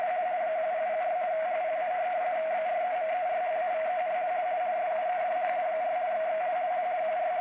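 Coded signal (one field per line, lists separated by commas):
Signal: RTTY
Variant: 50 baud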